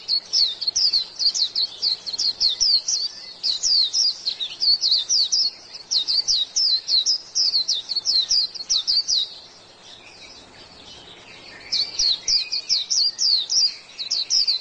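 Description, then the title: White-eye singing long runs of quick, high-pitched chirpy notes with a brief lull before the twittering resumes. "Pleci"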